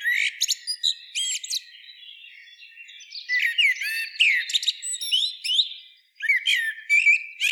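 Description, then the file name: Common blackbird, sharp clicking high notes at the start, then a tumbling run of warbled slurs, a short silence and a final twittering phrase. "Turdus merula"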